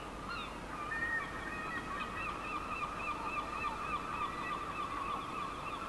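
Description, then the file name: Gulls clamour in a steady crowd of short, nasal, wavering cries, with a few drawn-out wails standing above the rest. "seagulls"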